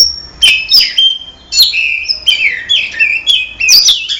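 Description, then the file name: Oriental magpie-robin song: clear whistled phrases sliding up and down, broken by a few sharp clicks, delivered in rapid, varied bursts. Simulated songbird contest. "audio simulasi lomba untuk kacer omkicau"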